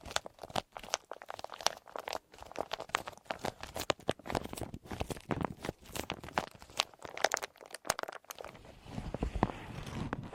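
Deep ear crinkles with clicky, scratchy massage sounds: dense, irregular bursts of crackling and crunching packed tightly together, with sharp clicks scattered throughout. Around the eighth second the texture shifts toward a steadier, softer rustling with low rubbing underneath.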